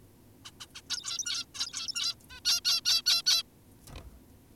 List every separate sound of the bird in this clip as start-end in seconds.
0.45-0.51, 0.60-0.67, 0.75-0.82, 0.90-1.46, 1.54-2.15, 2.30-2.40, 2.45-2.61, 2.65-2.81, 2.85-3.02, 3.06-3.22, 3.26-3.43